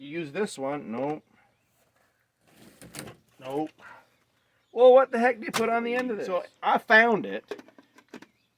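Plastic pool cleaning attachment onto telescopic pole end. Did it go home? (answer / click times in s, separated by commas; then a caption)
yes / 8.2 s. A plastic cleaning head from an Intex pool maintenance kit is fitted onto the end of a telescopic pole while someone talks. After the speech, a short series of light plastic knocks ends with the loudest one at 8.2 s, when the attachment clicks into place on the pole.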